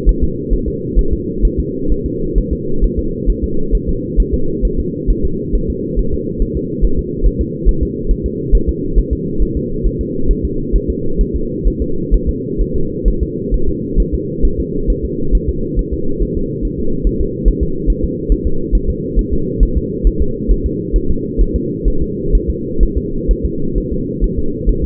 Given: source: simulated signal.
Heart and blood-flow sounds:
fetal heart sounds
0.09 s: S1
0.24 s: S2
0.53 s: S1
0.68 s: S2
0.99 s: S1
1.13 s: S2
1.45 s: S1
1.59 s: S2
1.92 s: S1
2.06 s: S2
2.38 s: S1
2.53 s: S2
2.84 s: S1
2.99 s: S2
3.30 s: S1
3.44 s: S2
3.75 s: S1
3.89 s: S2
4.20 s: S1
4.34 s: S2
4.65 s: S1
4.80 s: S2
5.10 s: S1
5.25 s: S2
5.55 s: S1
5.70 s: S2
5.99 s: S1
6.14 s: S2
6.42 s: S1
6.57 s: S2
6.84 s: S1
6.99 s: S2
7.27 s: S1
7.41 s: S2
7.69 s: S1
7.83 s: S2
8.11 s: S1
8.26 s: S2
8.55 s: S1
8.69 s: S2
8.98 s: S1
9.13 s: S2
9.42 s: S1
9.57 s: S2
9.86 s: S1
10.01 s: S2
10.31 s: S1
10.45 s: S2
10.76 s: S1
10.90 s: S2
11.21 s: S1
11.36 s: S2
11.68 s: S1
11.82 s: S2
12.14 s: S1
12.29 s: S2
12.61 s: S1
12.76 s: S2
13.08 s: S1
13.23 s: S2
13.54 s: S1
13.69 s: S2
14.00 s: S1
14.14 s: S2
14.45 s: S1
14.60 s: S2
14.90 s: S1
15.05 s: S2
15.35 s: S1
15.49 s: S2
15.79 s: S1
15.94 s: S2
16.22 s: S1
16.37 s: S2
16.65 s: S1
16.80 s: S2
17.07 s: S1
17.21 s: S2
17.48 s: S1
17.63 s: S2
17.90 s: S1
18.04 s: S2
18.32 s: S1
18.47 s: S2
18.75 s: S1
18.90 s: S2
19.19 s: S1
19.33 s: S2
19.63 s: S1
19.77 s: S2
20.07 s: S1
20.22 s: S2
20.51 s: S1
20.66 s: S2
20.96 s: S1
21.11 s: S2
21.41 s: S1
21.56 s: S2
21.88 s: S1
22.02 s: S2
22.35 s: S1
22.50 s: S2
22.83 s: S1
22.98 s: S2
23.31 s: S1
23.45 s: S2
23.78 s: S1
23.93 s: S2
24.24 s: S1
24.39 s: S2
24.69 s: S1
24.84 s: S2
From the record:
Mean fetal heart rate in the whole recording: 135 bpm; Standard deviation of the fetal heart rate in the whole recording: 3 bpm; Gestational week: 36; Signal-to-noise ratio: -8.1 dB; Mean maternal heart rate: 72 bpm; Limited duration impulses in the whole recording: absent

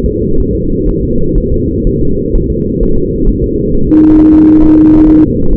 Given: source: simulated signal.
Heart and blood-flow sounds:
fetal heart sounds
0.06 s: S2
0.40 s: S1
0.55 s: S2
0.89 s: S1
1.03 s: S2
1.38 s: S1
1.52 s: S2
1.87 s: S1
2.01 s: S2
2.36 s: S1
2.50 s: S2
2.83 s: S1
2.98 s: S2
3.29 s: S1
3.44 s: S2
3.75 s: S1
3.89 s: S2
4.19 s: S1
4.34 s: S2
4.64 s: S1
4.78 s: S2
5.09 s: S1
5.23 s: S2
5.53 s: S1
From the record:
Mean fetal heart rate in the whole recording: 130 bpm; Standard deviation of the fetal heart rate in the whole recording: 4 bpm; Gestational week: 38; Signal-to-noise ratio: -17.7 dB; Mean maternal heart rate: 72 bpm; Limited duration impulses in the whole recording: present

